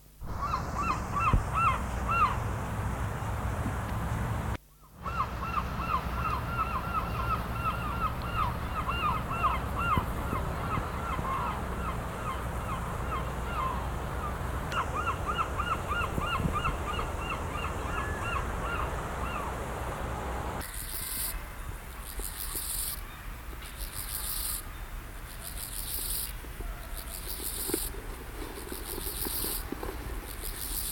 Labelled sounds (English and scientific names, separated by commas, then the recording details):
Steppe Grasshopper (Chorthippus dorsatus) stridulation
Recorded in the wild
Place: Eutin, Holsteinische Schweiz, Schleswig-Holstein, DE
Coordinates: 54.132, 10.614
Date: 1992-09-20 15:32
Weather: Schatten: 17,9°C, Sonne: 23,5°C
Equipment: Marantz CP 430, Sennheiser ME 80, Kopie Tesla B 116
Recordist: Tembrock, Günter